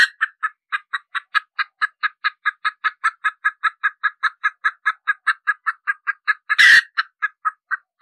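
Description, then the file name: Red junglefowl hen producing a fast, regular series of short clucks, with one loud, strident squawk late in the sequence and further clucks after it. Hen, cackling (cục tác). "Tieng ga mai rung cuc tac de"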